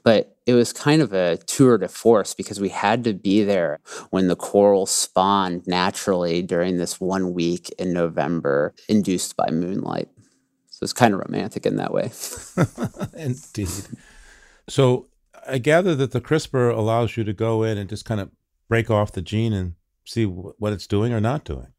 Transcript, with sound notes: But it was kind of a tour de force because we had to be there when the coral spawn naturally during this one week in November induced by moonlight. So, it's kind of romantic in that way.
[LAUGHS] Indeed. So, I gather that the CRISPR allows you to go in and just kind of break off the gene and see what it's doing or not doing.